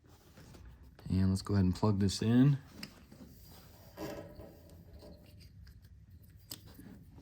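On a 2011–2016 Ford Super Duty, the wiring harness plug is being handled and readied to push onto the LED headlight bulb's plastic connector. Someone talks briefly, then there are quiet handling noises with a few faint ticks, the sharpest near 2.8 and 6.5 seconds. Nothing has seated or clicked yet.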